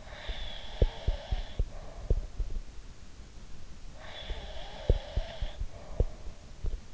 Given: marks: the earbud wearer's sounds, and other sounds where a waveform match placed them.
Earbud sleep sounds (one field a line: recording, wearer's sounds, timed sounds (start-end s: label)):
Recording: sounds in sleep by an in-ear microphone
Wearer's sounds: breath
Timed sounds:
0.00-2.34 s: breath
0.27-2.55 s: sound from someone else or the room
3.96-6.32 s: breath
4.26-6.78 s: sound from someone else or the room